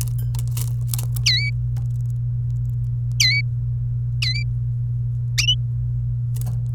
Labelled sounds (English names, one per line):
Domestic Canary song